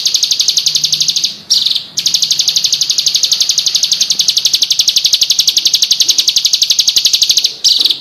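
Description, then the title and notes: Prinia song: a rapid, steady run of high, sharp notes, running on with two brief breaks. Complete song of the prenjak, including the rolling song style called ngerol. "Suara Kicau Burung Prenjak Lengkap dan Ngerol"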